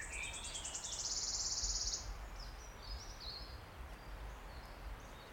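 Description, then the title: Wood warbler song, stuttering high ticks that accelerate into a long shimmering trill, with other birds chirping softly afterward and a low background rumble. Single male singing from the oak canopy in an ancient oak wood on a steep-sided wooded valley in South Wales, in May, just after rain stopped. "Sound Escape 16: listen to the cascade of wood warbler song in an ancient oak wood"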